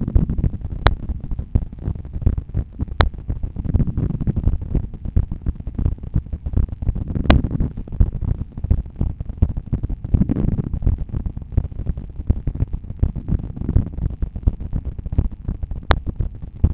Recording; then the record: heart sounds by stethoscope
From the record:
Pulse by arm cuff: 82 bpm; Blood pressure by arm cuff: 135/82 mmHg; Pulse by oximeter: 82 bpm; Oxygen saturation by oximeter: 97%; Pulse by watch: 82 bpm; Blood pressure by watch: 113/75 mmHg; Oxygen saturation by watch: 98%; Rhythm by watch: sinus rhythm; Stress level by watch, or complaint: low stress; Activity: after coffee and smoking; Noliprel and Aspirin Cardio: after pills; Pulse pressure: 53 mmHg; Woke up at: 6:50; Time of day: 8:20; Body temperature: 36.5 C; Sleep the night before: 8 h 16 min, score 66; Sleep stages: REM 20%, light 64%, deep 6%, awake 10%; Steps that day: 6850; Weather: light rain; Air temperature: 18 C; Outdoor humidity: 91%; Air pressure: 1007 hPa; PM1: 1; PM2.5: 3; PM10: 5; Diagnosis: hypertension, treated with Noliprel and Aspirin Cardio 100 mg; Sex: male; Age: 53 years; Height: 174 cm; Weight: 81 kg